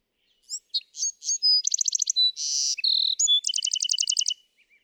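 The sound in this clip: Bewick's wren song: a rapid high jumble of chips and short notes, then a buzzy burst, ending in fast trills of repeated notes, all one continuous phrase.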